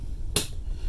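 A 3D-printed plastic upgrade-kit piece is pushed onto a plastic transforming robot action figure over a low background hum. A single sharp, bright snap at 0.4 s marks the part seating into place.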